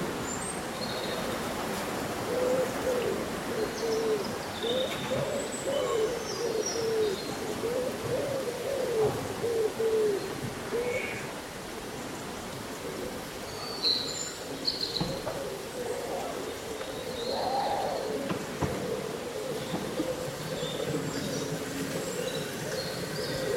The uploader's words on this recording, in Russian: Прохладный летний день: Шелест листвы и пение птиц. Симфония шелеста листьев и мелодии местных птиц.